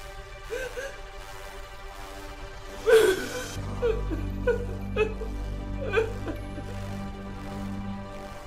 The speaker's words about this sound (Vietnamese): Tiếng khóc, tiếng kêu gào ai oán vang lên không ngớt.